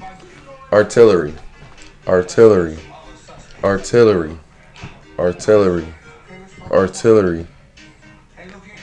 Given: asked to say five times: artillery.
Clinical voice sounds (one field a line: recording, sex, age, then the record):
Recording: repeated word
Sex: male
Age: 30 to 39 years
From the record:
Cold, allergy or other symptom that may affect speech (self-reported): no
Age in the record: 32 years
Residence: Virginia, United States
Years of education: 12